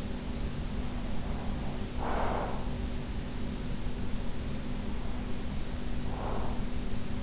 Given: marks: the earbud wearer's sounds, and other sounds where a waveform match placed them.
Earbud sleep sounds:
sounds in sleep by an in-ear microphone; breath
0.77-2.90 s: breath
4.87-7.23 s: breath

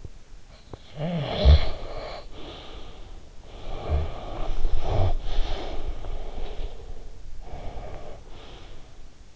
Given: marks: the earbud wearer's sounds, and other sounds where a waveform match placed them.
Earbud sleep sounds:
sounds in sleep by an in-ear microphone; snoring breath, breath
0.33-3.32 s: snoring breath
3.32-9.36 s: breath

